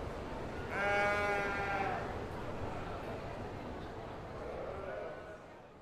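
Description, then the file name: Sheep giving a single quavering bleat near the start, then a fainter call later over low background rumble. "owca"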